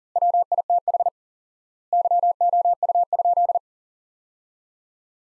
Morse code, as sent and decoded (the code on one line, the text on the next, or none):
.-- .. - .... / -.-- --- ..- ..--..
WITH YOU?